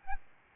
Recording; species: mosquito wingbeat signal from an infrared sensor; Aedes albopictus